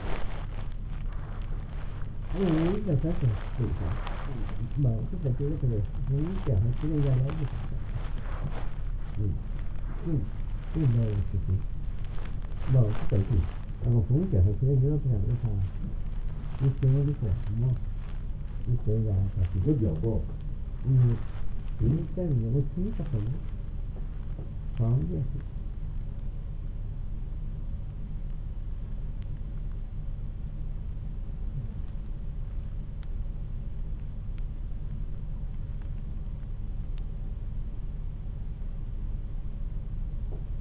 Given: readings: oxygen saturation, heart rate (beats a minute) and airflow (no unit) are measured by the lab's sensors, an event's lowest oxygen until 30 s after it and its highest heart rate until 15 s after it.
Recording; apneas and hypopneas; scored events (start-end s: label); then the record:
a person awake in a sleep study, by a smartphone at the bedside; none
0.00-40.61 s: awake
From the record:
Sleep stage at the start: awake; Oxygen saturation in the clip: 95 to 97%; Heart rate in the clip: 62 to 68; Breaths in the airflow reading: 10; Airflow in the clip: -3.4 to 5.8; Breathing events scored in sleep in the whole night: 388 in 6.5 hours asleep